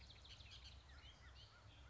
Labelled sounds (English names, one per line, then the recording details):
Bullock's Oriole
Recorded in Sonoma County, California